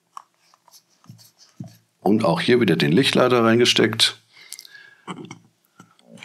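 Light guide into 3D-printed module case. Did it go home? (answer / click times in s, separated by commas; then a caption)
no / none. A plastic light guide is inserted into a 3D-printed module case and pressed in with a blunt object so it will sit flat and flush. Faint handling ticks come first, then someone talks from about 2 to 4.2 seconds, followed by two sharp ticks near 4.5 seconds and more light handling. Nothing has seated or clicked yet; the guide is still being handled.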